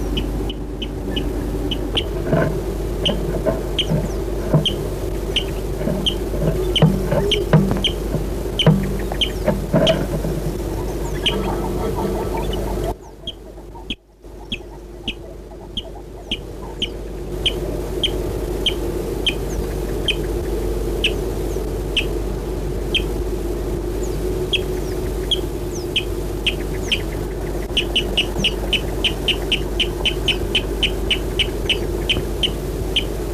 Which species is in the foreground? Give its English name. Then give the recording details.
Water Rail. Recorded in the wild. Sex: male. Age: adult. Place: Aseleben, Eislebener Senke, Sachsen-Anhalt, DE. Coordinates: 51.4953, 11.6728. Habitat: lake. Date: 1964-04-01. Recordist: Stiefel, Arnd